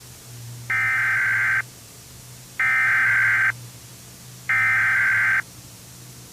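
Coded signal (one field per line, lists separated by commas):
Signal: Emergency Alert System (SAME) tones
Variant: header bursts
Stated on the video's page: Failed Chicago-area Required Monthly Test on WBBM-TV, for Cook County only, sent at the same time as Illinois issued its test.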